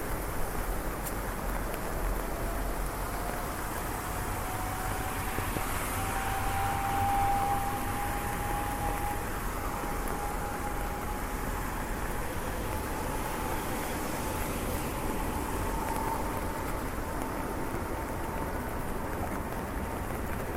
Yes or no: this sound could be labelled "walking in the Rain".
yes